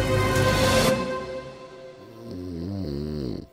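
Adult snoring, acted, heard in the background of a shared bedroom early in the morning.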